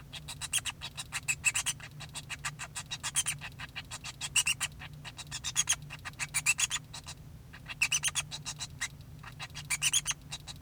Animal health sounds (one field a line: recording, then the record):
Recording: song of a male Bengalese finch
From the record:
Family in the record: son of father 2